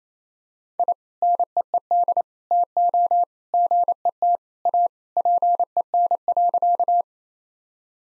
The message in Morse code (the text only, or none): I NEED TO GET A PEN.